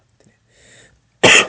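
A single short, harsh cough burst after soft breathing, from an adolescent male whose cough has not stopped for about a month; he had a similar month-long cough at the same time last year.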